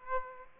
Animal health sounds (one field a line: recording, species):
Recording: mosquito wingbeat signal from an infrared sensor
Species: Aedes aegypti